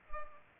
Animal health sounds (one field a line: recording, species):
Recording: mosquito wingbeat signal from an infrared sensor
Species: Culex pipiens